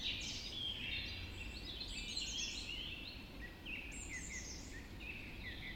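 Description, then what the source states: Dawn chorus of birds, dense high chirping and warbling from several singers, with short descending whistles repeated in the second half, faint background rumble. Dawn chorus recorded just after dawn in the Forest of Dean.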